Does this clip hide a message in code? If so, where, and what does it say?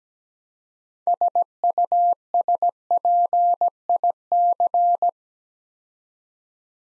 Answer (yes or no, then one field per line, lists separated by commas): yes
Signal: Morse code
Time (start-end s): 1.1-5.1 s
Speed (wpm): 17 wpm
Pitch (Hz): 700 Hz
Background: none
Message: SUSPIC